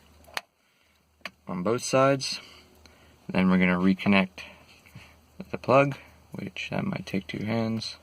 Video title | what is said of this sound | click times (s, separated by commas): How to Fix Dimmer Switch on 90's Nissan Sentra 200SX Altima Maxima | slide it back in like this till it clicks on both sides | 0.4 s, 1.3 s